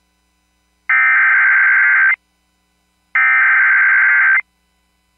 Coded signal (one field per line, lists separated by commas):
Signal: Emergency Alert System (SAME) tones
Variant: header bursts